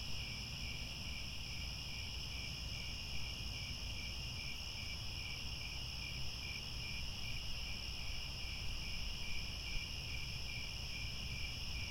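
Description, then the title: Crickets keep up a constant shrill trilling, a rhythmic pulsed layer among steady tones, over low rumbling background noise. Chorus of crickets chirping at twilight as the sun sets, with stars overhead. "Crickets Chirping at Twilight"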